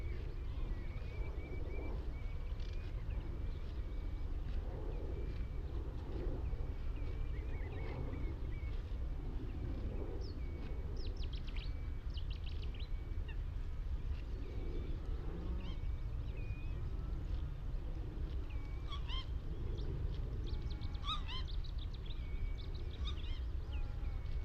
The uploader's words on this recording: The Hoo Peninsula is a vast open landscape on the Thames Estuary. The mics (recording alone) were lodged in a hawthorn tree on Higham Marshes nature reserve and pointed out over a watery marsh. Close to the mics lapwings, redshank and cetti's warblers call, as well as geese and ducks that are familiar sounds to us urban dwellers. Skylarks circle above the farmland straight ahead on the other side of the marsh.